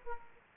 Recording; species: mosquito wingbeat signal from an infrared sensor; Aedes aegypti